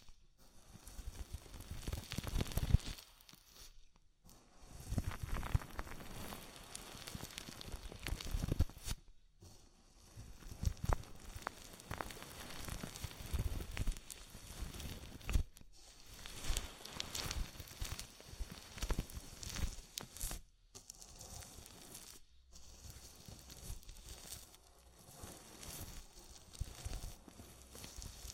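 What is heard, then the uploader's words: Ear massage with oil and foam: dense, crackly squishing and rubbing in uneven bursts, broken by brief silent gaps every few seconds. ASMR Oil, Foam and Tingly Ear Massage.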